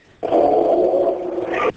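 Fox giving a single harsh, hoarse scream that holds steady for about one and a half seconds, brightening slightly before it cuts off.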